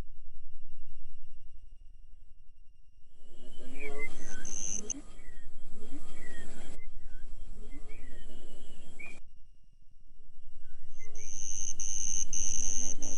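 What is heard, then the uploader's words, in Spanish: A spacey cricket atmosphere: a low hum swells and fades in slow waves under steady high whistling tones. From about three to nine seconds, dense chirps and falling swoops crowd in, then cut off abruptly before a bright shimmering whine returns. Armosfera grillos espaciales.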